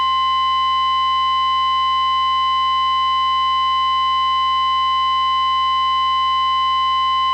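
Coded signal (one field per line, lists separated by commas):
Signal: Emergency Alert System (SAME) tones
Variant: 853 and 960 Hz attention tone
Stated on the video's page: Fictional short alert scenario, not a real broadcast.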